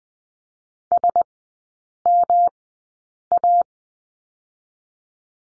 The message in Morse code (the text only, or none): SMA